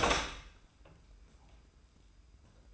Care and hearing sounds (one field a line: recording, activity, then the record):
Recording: daily activity, microphone in the room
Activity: open door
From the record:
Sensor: 2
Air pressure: 990.3 hPa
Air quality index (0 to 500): 178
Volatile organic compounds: 1000 ppm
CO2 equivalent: 5656 ppm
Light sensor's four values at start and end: 34/79/33/33 and 34/80/33/33